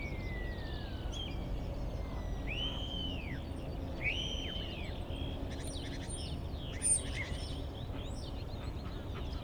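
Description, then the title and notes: Common starling song: a falling whistle, then several arched whistled notes, followed by dense high clicking and rattling chatter, with steady low background hum. Starlings outside a window in rural Goworów, Poland, mimicking other bird species rather than car alarms; recorded with Zoom F4 and AT BP4025. "Goworów 6, 57-515, Poland - Starlings mimicking other species. Zainstalowały mi się za oknem szpaki i udają najróżniejsze inne dźwięki. Obok wcale nie ma stawu - to szpaki udają żaby. Tak samo z wołaniem żurawi - to słabsze głosy, ale ewidentny zaśpiew żurawia"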